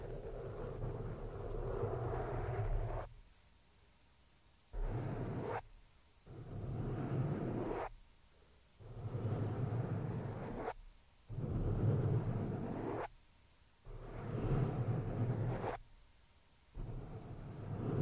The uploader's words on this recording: ASMR PURE SCRATCHING ON THE MICROPHONE NO TALKING.